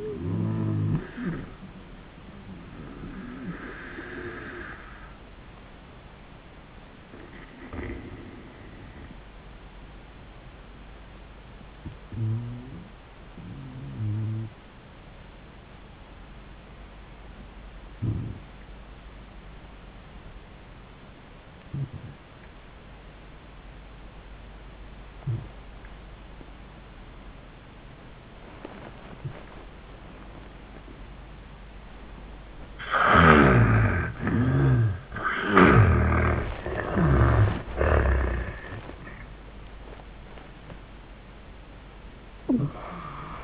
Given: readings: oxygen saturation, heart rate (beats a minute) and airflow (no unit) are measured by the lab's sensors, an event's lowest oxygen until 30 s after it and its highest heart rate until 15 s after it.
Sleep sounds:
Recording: breathing in sleep by a voice recorder at the bedside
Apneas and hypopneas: 1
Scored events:
5.00-34.30 s: hypopnea (N1, oxygen 95% highest, then 73% lowest, heart rate 76 at the start, 99 highest)
28.00-43.44 s: new sleep stage, awake
33.00-43.44 s: awake
From the record:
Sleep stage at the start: N1 (lightest sleep)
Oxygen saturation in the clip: 79 to 95%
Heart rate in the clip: 68 to 99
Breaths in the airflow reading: 6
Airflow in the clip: -26.4 to 11.6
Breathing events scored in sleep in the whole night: 400 in 8.7 hours asleep

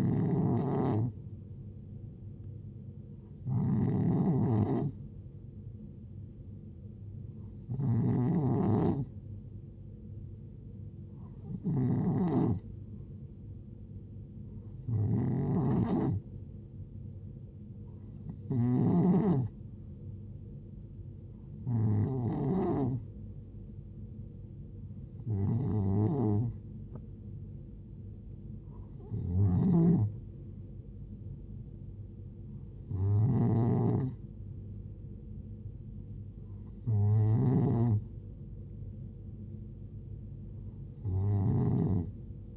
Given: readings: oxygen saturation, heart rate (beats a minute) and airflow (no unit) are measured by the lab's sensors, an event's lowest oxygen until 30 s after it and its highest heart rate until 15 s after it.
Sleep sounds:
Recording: breathing in sleep by a smartphone at the bedside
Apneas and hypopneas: none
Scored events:
none scored
From the record:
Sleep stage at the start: N2 (light sleep)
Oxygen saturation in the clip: 91%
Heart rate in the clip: 66 to 73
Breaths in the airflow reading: 11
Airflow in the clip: -5.3 to 6.1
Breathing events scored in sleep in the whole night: 389 in 6.3 hours asleep

